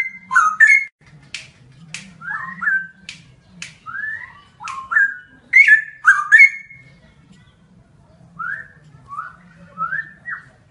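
Bird song of clicks and upslurred whistles in loose sequences, a dense burst mid-way, then softer rising notes, with a faint low hum throughout.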